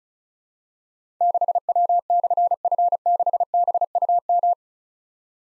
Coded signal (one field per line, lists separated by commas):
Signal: Morse code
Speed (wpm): 36 wpm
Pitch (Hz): 700 Hz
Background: none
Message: 6W/F6BUM